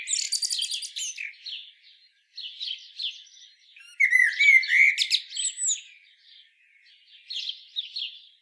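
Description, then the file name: Common blackbird giving high twittering, chattering phrases, then a louder warbled fluty passage near the middle, followed by softer scratchy twitters. "Turdus merula"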